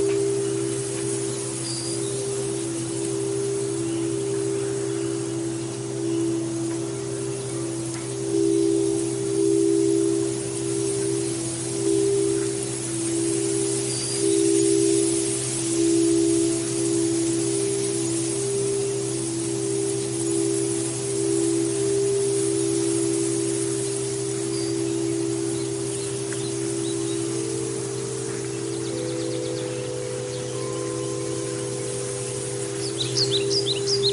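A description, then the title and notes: Singing bowls hum in long, steady overlapping tones over a light breeze, with a few faint high chirps scattered through and near the end. 8-14 Hz - Alpha - Light Breeze with singing bowls in the Redwood Trees.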